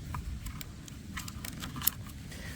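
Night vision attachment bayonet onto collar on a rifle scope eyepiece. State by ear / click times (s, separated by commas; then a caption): seated / 1.9 s. A PARD 007S night vision attachment is twisted by its bayonet fitting onto a collar mounted on the eyepiece of a rifle scope on a Seiko S20 rifle in 6.5 Creedmoor. Quieter knocks at 0.2, 0.6, 1.2, 1.3 and 1.5 seconds come as the parts are lined up. A sharp, satisfying click at 1.9 seconds marks the bayonet locking and the attachment seating.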